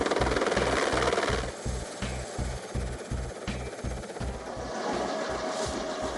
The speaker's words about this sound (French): L'hélico arrive.